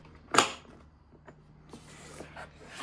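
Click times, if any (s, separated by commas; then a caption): 0.4 s. The plastic hose reel assembly of an AVA Evolution P80 pressure washer has its inner tabs lined up with the handle and is pushed on. It clicks into place with a sharp, loud snap at 0.4 s, followed by fainter handling knocks and rustling. The reel is seated on the handle.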